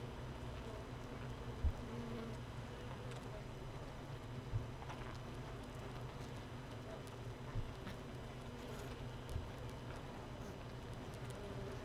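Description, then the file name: Honey bees in a hive giving an even low droning hum, broken by a few soft thumps every few seconds. Hive 1 with no queen, recorded 31 May 2018 at 15:30. "Hive 1 31 05 2018 NO Queen Bee H 1"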